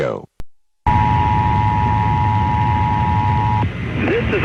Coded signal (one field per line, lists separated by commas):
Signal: Emergency Alert System (SAME) tones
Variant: 853 and 960 Hz attention tone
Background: speech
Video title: PSA: Why you should never broadcast a Fake EAS